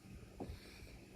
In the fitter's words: there's one more that just popped into place and that's it it's all done